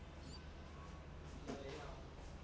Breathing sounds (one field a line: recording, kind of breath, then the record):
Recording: one breath in and out by a microphone near the nose and mouth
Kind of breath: normal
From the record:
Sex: male